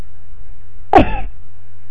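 A single abrupt, brief voiced gulp from a child over a low steady room hum, typical of a hiccup; the hiccups return after about 10 seconds without one.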